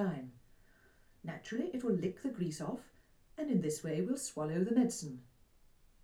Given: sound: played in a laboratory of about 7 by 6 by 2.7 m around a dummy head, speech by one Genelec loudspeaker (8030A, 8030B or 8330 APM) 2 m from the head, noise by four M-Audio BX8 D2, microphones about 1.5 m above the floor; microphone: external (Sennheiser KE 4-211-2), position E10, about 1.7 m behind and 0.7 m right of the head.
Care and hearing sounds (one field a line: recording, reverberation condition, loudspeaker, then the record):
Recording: female speech in English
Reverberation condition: low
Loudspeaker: 90 degrees to the right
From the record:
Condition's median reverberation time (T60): about 310 ms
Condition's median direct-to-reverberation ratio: about 3.5 dB